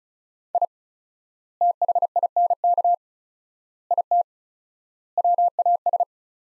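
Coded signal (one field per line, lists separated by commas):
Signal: Morse code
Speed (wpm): 36 wpm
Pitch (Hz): 700 Hz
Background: none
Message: I THINK IT WAS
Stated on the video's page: Morse code practice sets of four words at 35 wpm with 4x word-spacing, a Farnsworth-like method applied to words.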